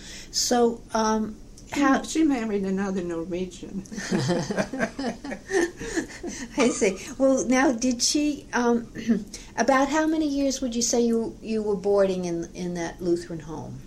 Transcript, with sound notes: So, how—
She married another Norwegian (both laugh)
I see. Now, did she - about how many years would you say you were boarding in that Lutheran home?